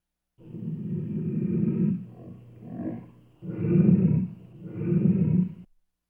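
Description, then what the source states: Lion growling in deep, rumbling pulses: a long low growl, a shorter one, then two strong rasping growls in close succession before falling silent. Growling at a zoo.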